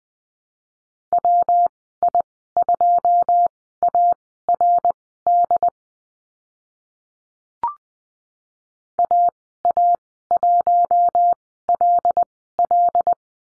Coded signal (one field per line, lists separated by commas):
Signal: Morse code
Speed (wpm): 20 wpm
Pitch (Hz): 700 Hz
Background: none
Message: WI2ARD AA1LL